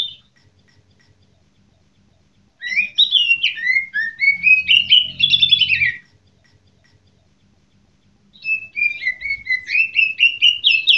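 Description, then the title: Songbird song in fast twittering phrases of sliding chirps and whistled notes: a brief note at the start, then two lively bursts separated by a pause. "SuaraBurung Kicau"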